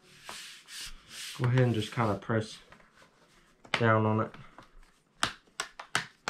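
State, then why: Seated. A plastic laptop bottom cover is put back on the laptop base and pressed down while someone talks, with some rubbing and shuffling as it is placed. Its retaining clips snap into place one after another in sharp clicks at 5.2, 5.6, 6.0 and 6.3 seconds, seating the cover.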